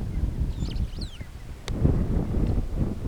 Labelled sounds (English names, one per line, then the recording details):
Superb Starling flight call
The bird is a female
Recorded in Kenya on 8 June 2010
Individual 87, of group SRB1